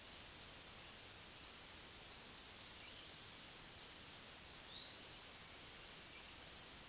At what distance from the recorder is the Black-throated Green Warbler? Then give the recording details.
about 35 m. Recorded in a Pennsylvania forest on 1 June 2023 at 07:58. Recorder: AudioMoth, point grid3_25_low. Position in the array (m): 142 m, 278 m